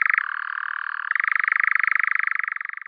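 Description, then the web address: European nightjar churring, a continuous rapid mechanical trill of even pulses that shifts slightly higher in pitch about one second in and runs unbroken to the end. "Caprimulgus europaeus"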